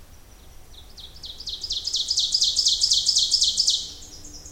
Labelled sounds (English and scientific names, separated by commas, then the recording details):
Ovenbird (Seiurus aurocapilla) song
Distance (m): 15 m
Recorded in boreal forest in Alberta, Canada, on 26 May 2016 at 08:11
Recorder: SongMeter 3, array SBT-3-15
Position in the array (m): 53 m, 217 m
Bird 20